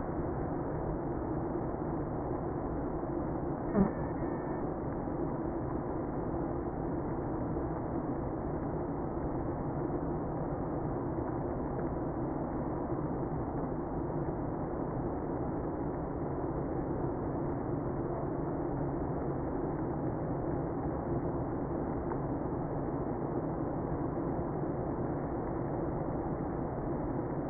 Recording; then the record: honeybee colony, microphone inside the hive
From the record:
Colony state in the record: queenless (queen removed); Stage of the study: after two queens were removed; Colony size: about 60,000 bees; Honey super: yes